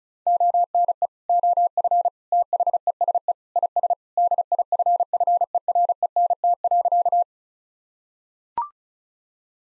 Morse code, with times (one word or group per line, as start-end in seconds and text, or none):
0.3-1.1 ONE
1.3-2.1 OF
2.3-3.3 THESE
3.6-3.9 IS
4.2-7.2 DIFFERENT.